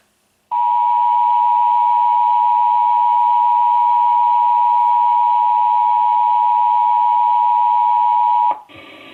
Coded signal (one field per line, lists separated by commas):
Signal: Emergency Alert System (SAME) tones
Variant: 853 and 960 Hz attention tone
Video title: Required Monthly Test - 04/03/19 (EAS #1,823)